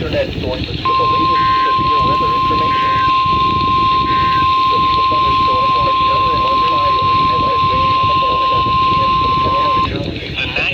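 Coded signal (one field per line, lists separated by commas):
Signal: Emergency Alert System (SAME) tones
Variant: 1050 Hz attention tone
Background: speech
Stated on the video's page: Real EAS alerts from a day of storms, a series of received activations.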